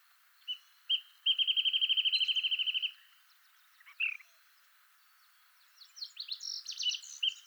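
Wrentit song: two short introductory notes, then a rapid run of evenly repeated notes, followed after pauses by a few varied notes.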